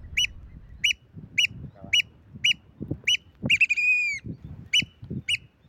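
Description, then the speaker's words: American oystercatcher, sharp whistled piping notes about every half second, with one longer arching whistle midway and soft low thumps underneath. Large shorebirds with red beaks used to pry open shellfish; found on beaches of Long Island's South Shore in spring and summer. "This is WSHU's Birdsong Break, and this week's bird is the American oystercatcher."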